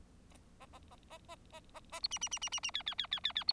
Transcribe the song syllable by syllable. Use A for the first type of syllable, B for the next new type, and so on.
A A A A A A A A B C C C C C C D D D D D D B